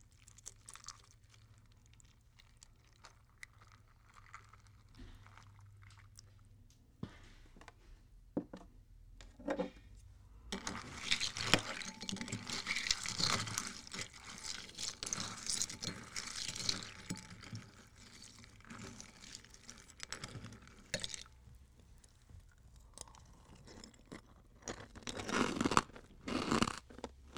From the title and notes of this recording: 吃麥片｜Eating Cereal.